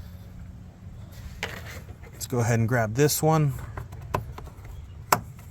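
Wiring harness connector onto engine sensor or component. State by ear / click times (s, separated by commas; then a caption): seated / 5.1 s. During a coolant temperature sensor replacement on a 2015 GMC Yukon 5.3L V8, an electrical wiring harness connector is grabbed and pushed back onto its plastic socket on an engine component. Someone talks, and small handling knocks are heard before a sharp click at 5.1 s as the connector seats.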